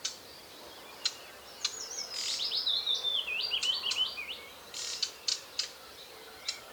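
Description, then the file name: Common chaffinch song: one descending trill of high notes, falling stepwise to a flourish, among sharp clicks scattered before and after. "Fringilla coelebs"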